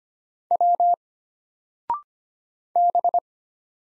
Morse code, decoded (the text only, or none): W B